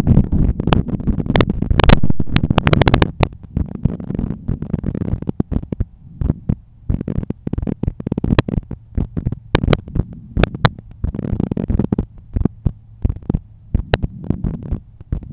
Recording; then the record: heart sounds by stethoscope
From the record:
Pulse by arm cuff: 86 bpm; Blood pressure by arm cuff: 133/84 mmHg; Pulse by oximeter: 88 bpm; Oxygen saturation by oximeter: 96%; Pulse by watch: 88 bpm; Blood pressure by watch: 126/80 mmHg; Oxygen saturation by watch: 96%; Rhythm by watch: sinus rhythm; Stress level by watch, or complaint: low stress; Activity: after 5 min smoking and 1 beer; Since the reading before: plus 3300 steps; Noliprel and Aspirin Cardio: no pills today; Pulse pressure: 49 mmHg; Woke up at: 7:30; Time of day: 21:07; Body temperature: 36.7 C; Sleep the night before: 9 h 22 min, score 68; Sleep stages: REM 22%, light 66%, deep 4%, awake 8%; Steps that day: 11800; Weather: clear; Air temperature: 16.6 C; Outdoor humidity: 79%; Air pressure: 1014 hPa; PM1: 6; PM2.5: 9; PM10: 12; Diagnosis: hypertension, treated with Noliprel and Aspirin Cardio 100 mg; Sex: male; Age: 53 years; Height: 174 cm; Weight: 81 kg